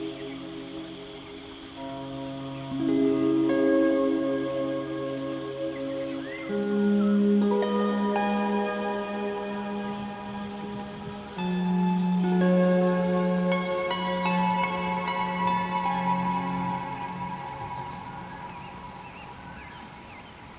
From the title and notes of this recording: To finish, a tropical harp soundscape in a rainforest.